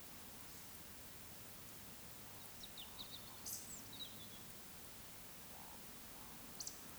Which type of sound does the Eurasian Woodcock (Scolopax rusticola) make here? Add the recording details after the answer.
whistle, croak. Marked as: whistle, whistle, croak, croak, whistle. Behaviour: display flight. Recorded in Baden-Württemberg, Germany, on 2 June 2020 at 20:05 UTC. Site 46190, 1214 m above sea level